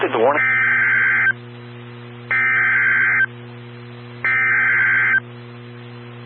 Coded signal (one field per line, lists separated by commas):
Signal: Emergency Alert System (SAME) tones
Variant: header bursts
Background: speech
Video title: Tornado Warning (Carroll/Whiteside Counties, IL) (5/23/20) [EAS #28]